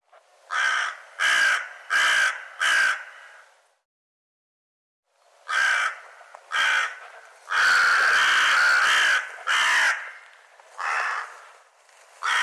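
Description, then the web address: Bird calls: four clipped harsh caws, a pause, then a longer run of raspy caws including one extended, drawn-out squawk. "cianscape birddata Deverinetal 2025 Bird"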